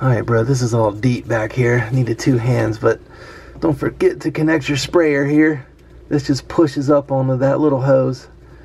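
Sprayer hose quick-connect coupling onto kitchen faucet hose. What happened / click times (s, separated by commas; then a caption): The hose connector is being handled but has not clicked on yet / none. A pull-down sprayer hose's plastic quick-connect coupling is being handled under the sink, about to be pushed up onto the supply hose of a Glacier Bay kitchen faucet while someone talks. Nothing has seated or clicked yet.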